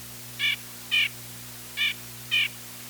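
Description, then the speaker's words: White-breasted Nuthatch calling: four short nasal yank notes given in two pairs, each note brief and reedy, against a quiet background. Larger nuthatch that spends more time in deciduous trees; its call is louder and deeper than the red-breasted's, described as yank, yank. "Its call is louder and deeper. It's been described as yank, yank."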